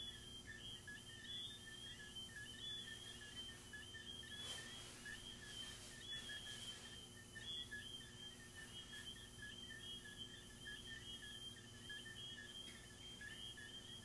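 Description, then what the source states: Crickets give a continuous high chirping trill with regular pulses, over a steady low hum and a brief noisy burst midway. Crickets recorded in a garden.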